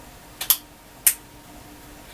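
A Handheld Group Nautiz X2 handheld scanner is pressed into its USB vehicle charging cradle, which sits on the seat. Two quick, sharp taps at 0.4 and 0.5 s are followed by a crisp click at 1.1 s. The scanner is then seated firmly in the cradle.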